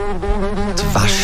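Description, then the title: Wasp buzzing: a steady, harmonic droning hum with slightly wavering pitch, plus a brief rustling burst near the end. "Wespen"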